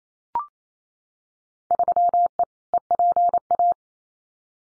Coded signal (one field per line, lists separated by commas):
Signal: Morse code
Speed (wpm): 28 wpm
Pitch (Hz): 700 Hz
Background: none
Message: 3E EPA